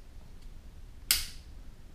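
A folding knife with no liner lock or back lock is opened, and its blade snaps into its open, locked position with one sharp click at 1.1 seconds. The blade locks into place and holds stout, so it can't just be pulled open.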